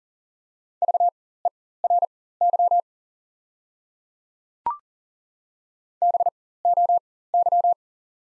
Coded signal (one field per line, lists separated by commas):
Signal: Morse code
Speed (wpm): 40 wpm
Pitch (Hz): 700 Hz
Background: none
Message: VERY BOY